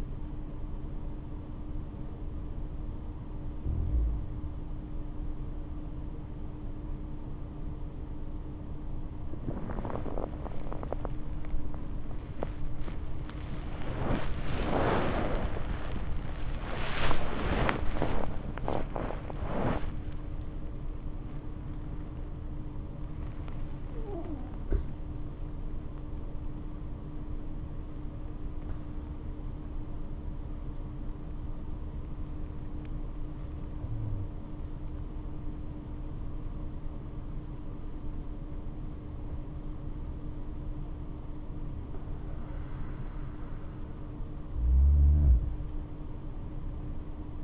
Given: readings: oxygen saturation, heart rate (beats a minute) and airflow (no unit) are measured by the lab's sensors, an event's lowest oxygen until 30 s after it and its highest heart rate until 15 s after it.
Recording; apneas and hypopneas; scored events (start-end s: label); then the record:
breathing in sleep by a smartphone at the bedside; 1
11.00-37.90 s: hypopnea (N3, oxygen 97% highest, then 94% lowest, heart rate 70 at the start, 87 highest)
28.00-47.44 s: new sleep stage, N2 (light sleep)
From the record:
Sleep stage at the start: N3 (deep sleep); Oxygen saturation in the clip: 95 to 97%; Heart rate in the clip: 62 to 87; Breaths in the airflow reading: 9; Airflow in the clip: -7.3 to 7.6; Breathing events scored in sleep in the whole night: 228 in 5.4 hours asleep